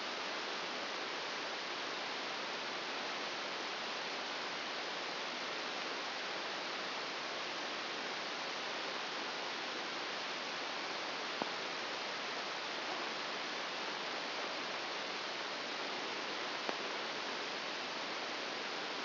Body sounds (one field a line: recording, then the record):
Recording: brain microelectrode recording played as sound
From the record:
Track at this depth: inside the subthalamic nucleus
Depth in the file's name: 3.502 mm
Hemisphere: left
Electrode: 1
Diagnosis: Parkinson's disease